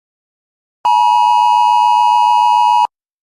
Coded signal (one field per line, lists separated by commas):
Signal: Emergency Alert System (SAME) tones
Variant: 853 and 960 Hz attention tone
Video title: Eas Scenario Megastorm